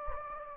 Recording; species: mosquito wingbeat signal from an infrared sensor; Anopheles gambiae